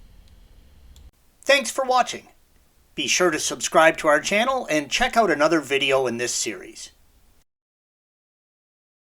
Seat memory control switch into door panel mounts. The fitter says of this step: installation is the reverse of removal and the switch just snaps into place